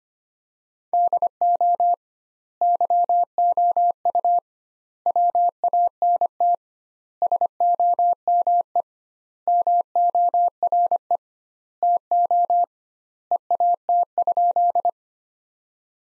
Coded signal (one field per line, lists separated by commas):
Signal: Morse code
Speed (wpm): 25 wpm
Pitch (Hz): 700 Hz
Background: none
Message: DO YOU WANT SOME MORE TO EAT?